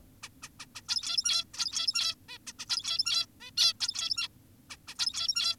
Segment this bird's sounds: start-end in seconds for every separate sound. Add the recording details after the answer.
0.23-0.29, 0.43-0.49, 0.60-0.66, 0.76-0.82, 0.89-1.44, 1.54-2.15, 2.29-2.38, 2.47-2.53, 2.59-2.66, 2.69-3.26, 3.41-3.51, 3.58-3.74, 3.81-4.28, 4.70-4.77, 4.88-4.95, 4.99-5.56. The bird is an adult. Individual g17y2U